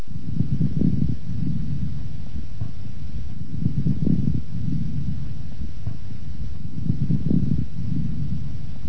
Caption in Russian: Влажные, средние и крупнопузырчатые хрипы у пациента с бронхоэктатической болезнью в той же точке после покашливания.